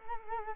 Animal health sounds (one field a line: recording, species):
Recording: mosquito wingbeat signal from an infrared sensor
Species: Culex quinquefasciatus